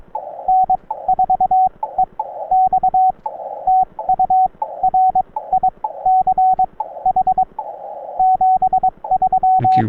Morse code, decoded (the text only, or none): N4EX TU RICH 73